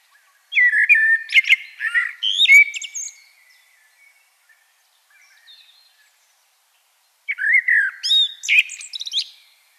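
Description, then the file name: Common blackbird song, two phrases of mellow, wandering whistles ending in high, rapid twittering, separated by a pause with a few faint notes. "Turdus merula"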